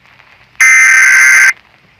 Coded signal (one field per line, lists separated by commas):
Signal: Emergency Alert System (SAME) tones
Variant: header bursts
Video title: All EAS Alarms From Around The World Part.2